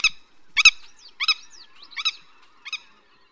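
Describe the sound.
Willet calls: about five short, harsh, sharp notes, each doubled or single, spaced roughly every two-thirds of a second and fading toward the end.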